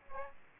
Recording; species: mosquito wingbeat signal from an infrared sensor; Aedes aegypti